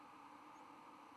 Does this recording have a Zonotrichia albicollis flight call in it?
no